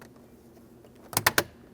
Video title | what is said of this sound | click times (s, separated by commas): How to Replace Ignition Switch 2005-2010 Chrysler 300 | Press it in. Listen for an audible click from that as well. | 1.2 s, 1.3 s, 1.4 s